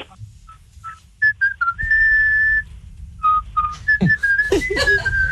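During a radio game on Manu dans le 6-9, a person whistles a pop song melody: a few short bright notes, a long sustained tone, then a quicker run of rising and falling notes over a low rumbling background.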